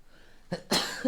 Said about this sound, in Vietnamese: Này lạnh. Còn lạnh nữa. Có những quả hắt xì hơi. Buồn hắt xì hơi lắm, cố nén. Có một quả không thể nén được nữa lại phải hắt xì hơi phát.